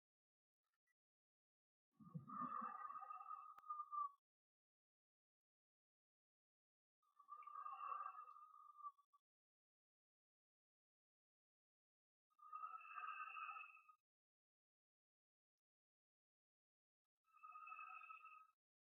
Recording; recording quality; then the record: deep breathing; excellent, no background noise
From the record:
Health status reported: exposed to COVID-19, no respiratory illness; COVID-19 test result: not tested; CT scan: not taken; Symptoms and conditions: cough, fever, fatigue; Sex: male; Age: 35 years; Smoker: no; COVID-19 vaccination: none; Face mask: not worn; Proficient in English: yes